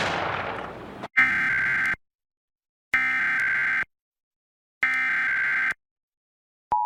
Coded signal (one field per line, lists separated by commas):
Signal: Emergency Alert System (SAME) tones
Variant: header bursts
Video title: NJ Required Monthly Test on WDPN and WNJS - [EAS #60-62]